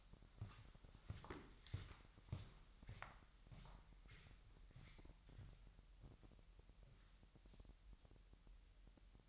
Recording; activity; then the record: daily activity, microphone in the room; walk to room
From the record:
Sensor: 3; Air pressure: 1001.9 hPa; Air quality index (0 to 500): 247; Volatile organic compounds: 48 ppm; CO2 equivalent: 3275 ppm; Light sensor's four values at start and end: 8/18/7/7 and 8/19/8/8